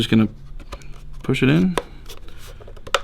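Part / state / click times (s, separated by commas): rubber grip into radio transmitter housing / seated / 2.9 s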